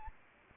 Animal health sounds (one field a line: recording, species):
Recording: mosquito wingbeat signal from an infrared sensor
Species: Anopheles arabiensis